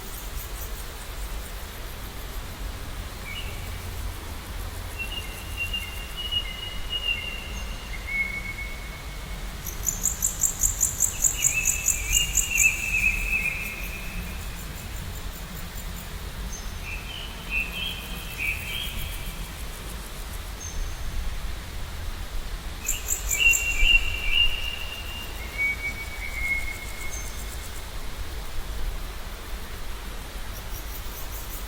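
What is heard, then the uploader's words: Birds call over a steady low rumble, with short chirping phrases returning every few seconds. Around the ten-second mark a rapid, high, buzzing trill rises above the rest, and later calls near twenty-five seconds sound slightly louder. Bird Sounds_ One Hour Nature Sounds.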